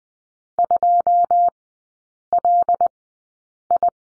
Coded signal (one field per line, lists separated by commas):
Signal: Morse code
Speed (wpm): 20 wpm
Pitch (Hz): 700 Hz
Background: none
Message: 2LI